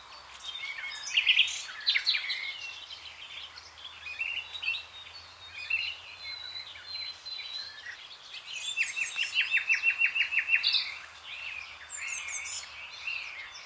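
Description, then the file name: Common nightingale song, varied whistled and chirping phrases, with a fast run of repeated sharp notes in the later part. "Nachtigall"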